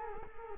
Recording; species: mosquito wingbeat signal from an infrared sensor; Culex quinquefasciatus